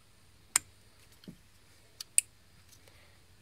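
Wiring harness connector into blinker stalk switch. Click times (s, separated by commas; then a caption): 2.2 s. A wiring harness connector is pushed into the new plastic blinker (indicator stalk) switch of a Renault Trafic until it locks. A sharp click at 0.6 s, a soft low knock near 1.3 s and a small tick at 2.0 s come before the loudest sharp click at 2.2 s, where the connector seats in place. A faint low steady hum runs underneath.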